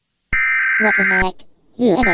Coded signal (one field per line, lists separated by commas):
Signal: Emergency Alert System (SAME) tones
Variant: header bursts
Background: speech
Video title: Caillou Hacks the Emergency Alert System (Haha... Again!) - Go!ToeNails